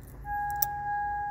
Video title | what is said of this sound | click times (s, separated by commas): 2000 Toyota Sienna Lock Cylinder Change | you go same you're here click hear that click | 0.6 s